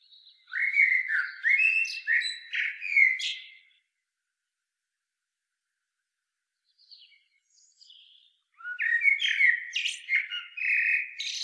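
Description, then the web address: Common blackbird phrases of low fluty warbling ending in high squeaks, then a long pause with faint notes before another full phrase. "SETE Turdus merula"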